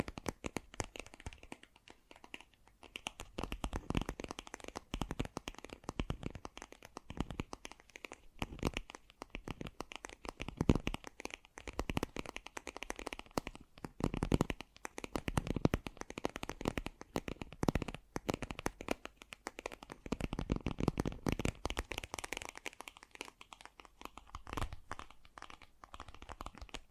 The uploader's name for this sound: Fast & Gentle Tapping